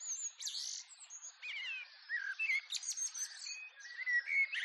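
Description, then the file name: Common Blackbird singing fluty, warbled phrases among bright twittering and trills from other birds, with the phrases broken by short pauses. Garden at dawn, with other birds in the background. "skyclad sound blackbird with other birds in background collared dove dove joins in distance garden at dawn"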